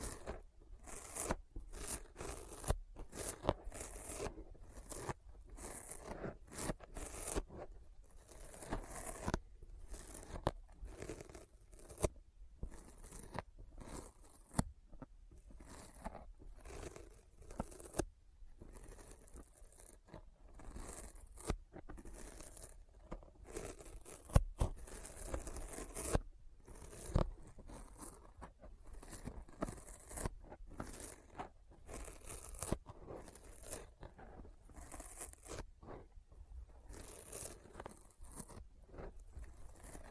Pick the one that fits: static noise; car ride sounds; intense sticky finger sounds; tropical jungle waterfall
intense sticky finger sounds